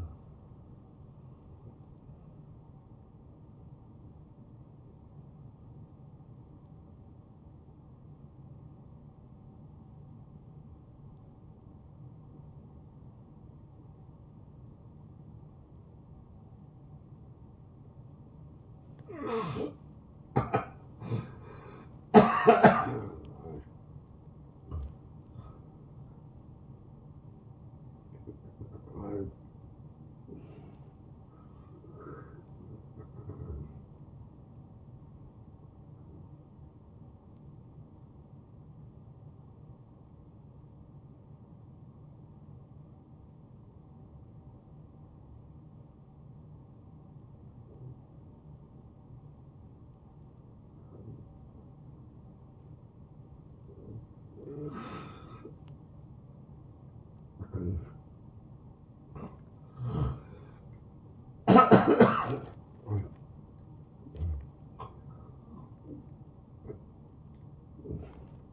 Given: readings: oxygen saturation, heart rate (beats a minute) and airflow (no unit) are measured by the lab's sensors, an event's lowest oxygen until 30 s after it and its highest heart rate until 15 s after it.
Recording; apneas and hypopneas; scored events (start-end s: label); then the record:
breathing in sleep by a smartphone at the bedside; 2
3.00-23.20 s: hypopnea (N1, oxygen 81% highest, then 74% lowest, heart rate 86 at the start, 89 highest)
36.00-54.10 s: obstructive apnea (N1, oxygen 95% highest, then 92% lowest, heart rate 85 at the start, 87 highest)
From the record:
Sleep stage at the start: N1 (lightest sleep); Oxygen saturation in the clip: 74 to 96%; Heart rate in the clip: 69 to 90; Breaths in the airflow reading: 8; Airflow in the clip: -17.0 to 8.0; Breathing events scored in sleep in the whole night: 263 in 5.5 hours asleep